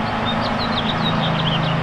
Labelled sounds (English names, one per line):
House Finch song